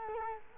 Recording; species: mosquito wingbeat signal from an infrared sensor; Culex quinquefasciatus